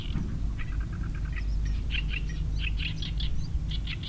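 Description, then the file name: Oriental reed warbler song: harsh, chattering phrases of repeated grating notes, varying in pitch, delivered continuously over steady low background rumble. Two birds singing, recorded 5 May 2012 at Changle, Fujian, China. "Oriental Reed Warbler 2 birds Song 120505-013 Fujian Changle"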